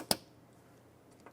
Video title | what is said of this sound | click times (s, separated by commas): How to Replace Rear Window Regulators 1999-2004 Jeep Grand Cherokee | going to feel in here it snap into place and then don't forget to press your lock in so | 0.1 s